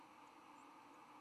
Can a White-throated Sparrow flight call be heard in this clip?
no